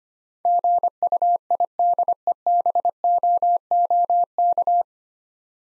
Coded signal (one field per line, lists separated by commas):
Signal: Morse code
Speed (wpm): 25 wpm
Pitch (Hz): 700 Hz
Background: none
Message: GUIDEBOOK